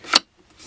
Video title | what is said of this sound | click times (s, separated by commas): CZ 512 American 22 Magnum Semi Auto Rifle | it locks into place now | 0.2 s